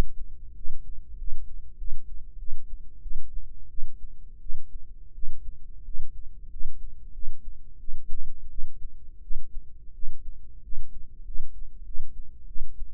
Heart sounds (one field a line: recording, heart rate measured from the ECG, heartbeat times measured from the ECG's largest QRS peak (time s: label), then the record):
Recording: heart sounds by microphone in the right ear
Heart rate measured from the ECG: 91 bpm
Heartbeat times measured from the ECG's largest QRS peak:
0.54 s: heartbeat
1.16 s: heartbeat
1.76 s: heartbeat
2.37 s: heartbeat
3.00 s: heartbeat
3.68 s: heartbeat
4.39 s: heartbeat
5.12 s: heartbeat
5.83 s: heartbeat
6.49 s: heartbeat
7.12 s: heartbeat
7.78 s: heartbeat
8.48 s: heartbeat
9.20 s: heartbeat
9.92 s: heartbeat
10.61 s: heartbeat
11.23 s: heartbeat
11.83 s: heartbeat
12.45 s: heartbeat
From the record:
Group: healthy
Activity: rest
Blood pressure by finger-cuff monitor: 119/89 mmHg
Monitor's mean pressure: 99 mmHg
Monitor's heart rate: 89 bpm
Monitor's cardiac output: 6.5 L/min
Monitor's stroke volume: 75 mL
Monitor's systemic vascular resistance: 1120 dyn s/cm5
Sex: female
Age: 19 years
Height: 163 cm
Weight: 51 kg